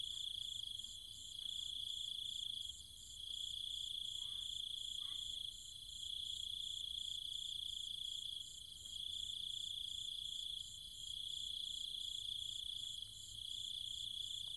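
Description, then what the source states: Insect chorus of cicadas: continuous shrill buzz beneath a rapidly pulsing high trill, with a couple of short faint chirps near four and five seconds. Cicadas with other insects, calling at night in trees and fields in countryside around Chiang Mai, Thailand.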